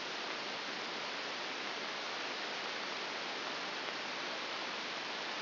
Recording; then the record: brain microelectrode recording played as sound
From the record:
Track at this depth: inside the subthalamic nucleus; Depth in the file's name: 3.298 mm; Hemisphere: left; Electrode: 2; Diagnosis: Parkinson's disease